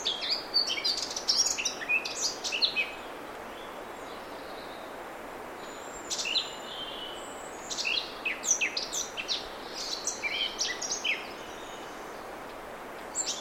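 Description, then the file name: Eurasian blackcap giving short bursts of scratchy, twittering song with pauses between them, over a steady background hiss. "Sylvia atricapilla"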